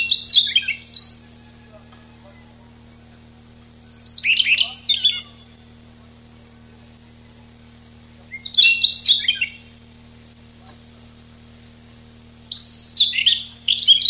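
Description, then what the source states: Siberian rubythroat song: four short, scratchy, high warbled phrases spaced roughly four seconds apart, with quiet between and a steady low hum. Recorded 6 July 1991.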